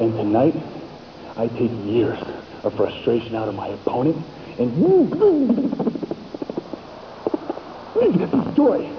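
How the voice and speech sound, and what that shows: A deep adult male voice delivers a boastful speech in fairly fluent phrases, then stretches one vowel for over a second and falls silent for nearly two seconds before going on. The prolongation and block are a stutter acted by a wrestler playing a stuttering character in a televised promo.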